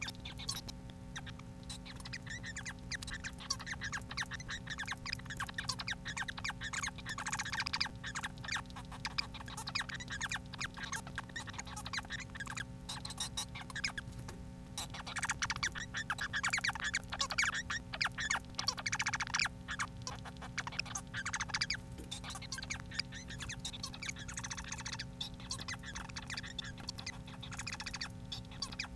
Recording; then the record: song of a male Bengalese finch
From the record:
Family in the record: son of father 4